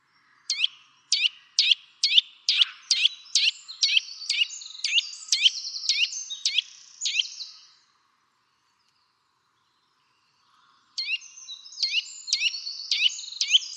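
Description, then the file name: Eurasian nuthatch repeating sharp, piping notes about twice a second, then a pause of a few seconds before another run of similar notes. "Sitta europaea"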